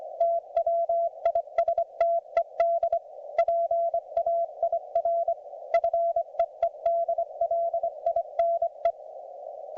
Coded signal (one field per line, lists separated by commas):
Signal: Morse code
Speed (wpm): 24 wpm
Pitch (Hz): 690 Hz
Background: none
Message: TWISTED PAIR FEEDLINE